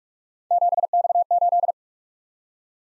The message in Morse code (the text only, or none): 7X8